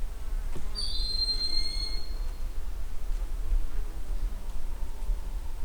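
Broad-winged hawk gives a single piercing high whistle early on, held about a second and a half and fading out, with low background rumble throughout.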